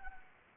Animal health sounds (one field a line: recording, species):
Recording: mosquito wingbeat signal from an infrared sensor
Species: Anopheles arabiensis